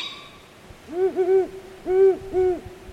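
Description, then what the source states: Great Horned Owl hooting, four deep, soft, slightly bending hoots in two close pairs. About 11 p.m., apparently the female answering a begging fledgling; the parents respond only with calls, not food, and such entreaties can go on for weeks.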